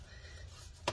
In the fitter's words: just push everything down make sure everything clicks into place